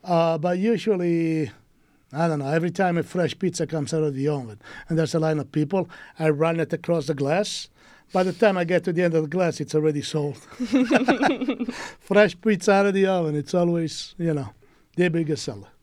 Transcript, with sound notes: But usually every time a fresh pizza comes out of the oven, and there's a line of people. I run it across the glass. By the time I get to the end of the glass, it's already sold [LAUGHTER] Fresh pizza out of the oven, it's always the biggest seller.